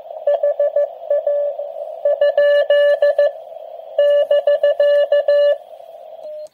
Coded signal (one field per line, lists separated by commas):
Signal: Morse code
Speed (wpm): 14 wpm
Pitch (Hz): 580 Hz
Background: radio noise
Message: HA ? <BK>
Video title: G3WZD QRP QSO